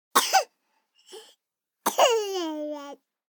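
Two quick high-pitched coughs from a 12-month-old baby girl, a faint breath, then a longer voiced whimpering cough-cry.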